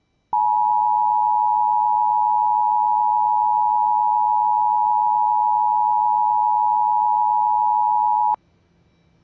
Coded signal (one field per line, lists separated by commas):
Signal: Emergency Alert System (SAME) tones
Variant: 853 and 960 Hz attention tone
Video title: ADR for siren testing in Kansas (EAS #7)